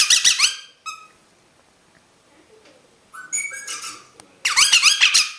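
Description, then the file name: Rosella giving bursts of high, rapid squeaky chatter and a few short whistled notes, with a long quiet pause between the bursts. "Canto da Rosela"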